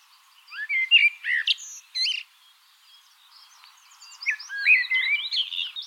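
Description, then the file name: Common blackbird song: two phrases of rich whistled, slurred notes with sharp high squeaks, separated by a brief quiet spell. "Turdus merula"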